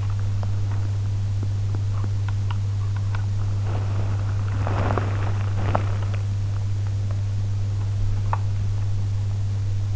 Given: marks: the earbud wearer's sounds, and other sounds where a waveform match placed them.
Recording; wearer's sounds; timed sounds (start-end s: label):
sounds in sleep by an in-ear microphone; teeth grinding, body movement
0.00-3.55 s: teeth grinding
3.55-6.26 s: body movement
8.26-8.44 s: sound from someone else or the room